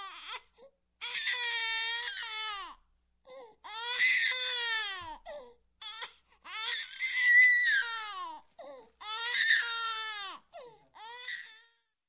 Baby Crying, Out Of Breath, Human.